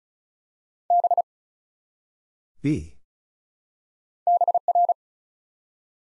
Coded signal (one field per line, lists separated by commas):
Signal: Morse code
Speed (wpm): 36 wpm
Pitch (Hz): 700 Hz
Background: none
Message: B BR